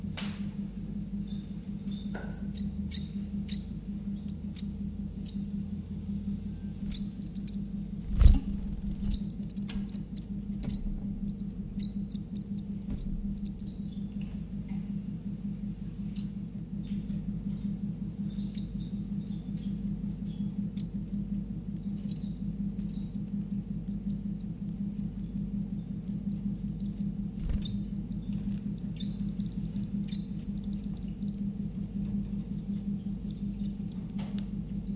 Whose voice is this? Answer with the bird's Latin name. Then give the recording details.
Phylloscopus ibericus. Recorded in captivity. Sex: group. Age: juvenile. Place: Zoologisches Institut Universität Tübingen, Baden-Württemberg, DE. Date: 1964-06-16 17:00. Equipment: Nagra III PH, dynamisches Mikrophon, LGS26. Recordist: Schneider, Hans-Joachim